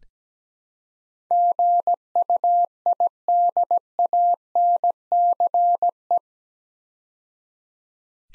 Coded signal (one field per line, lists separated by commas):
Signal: Morse code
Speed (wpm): 17 wpm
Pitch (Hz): 700 Hz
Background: none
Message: GUIDANCE